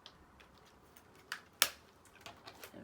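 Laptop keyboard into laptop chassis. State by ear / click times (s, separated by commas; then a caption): seated / 1.6 s. A replacement keyboard for a Dell Latitude E6420 laptop, fitted after the old one went faulty, has its edge pressed down into the plastic laptop frame. A few small ticks lead up to one sharp, loud snap at 1.6 s as the keyboard edge seats flush, followed by quieter ticks. No one talks during the clip.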